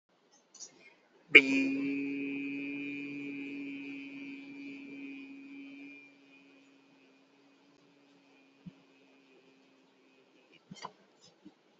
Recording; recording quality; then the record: sustained vowel as in beet; excellent, no background noise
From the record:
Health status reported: healthy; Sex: male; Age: 28 years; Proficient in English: yes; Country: India